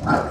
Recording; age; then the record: pig call; growing-finishing pig (85 days or more)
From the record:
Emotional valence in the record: positive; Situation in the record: run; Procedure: transit